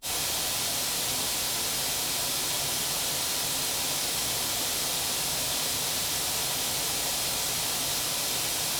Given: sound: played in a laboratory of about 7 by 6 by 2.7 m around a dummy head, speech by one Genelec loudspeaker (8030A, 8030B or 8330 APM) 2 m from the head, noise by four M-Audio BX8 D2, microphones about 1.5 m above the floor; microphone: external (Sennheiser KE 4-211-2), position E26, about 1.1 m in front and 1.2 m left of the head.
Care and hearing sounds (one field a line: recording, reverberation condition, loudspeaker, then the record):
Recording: white noise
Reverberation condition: medium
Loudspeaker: four, about 170 cm from the corners of the room and facing them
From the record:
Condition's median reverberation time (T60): about 510 ms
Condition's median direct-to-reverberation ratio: about -0.5 dB